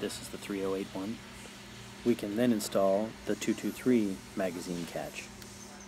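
Someone talks while handling a .223 magazine catch for a Desert Tech MDR rifle, about to install it onto the small dovetail on the receiver, where it snaps on. A faint, brief sound comes near 5.4 s over a steady low hum, but nothing has seated or clicked yet.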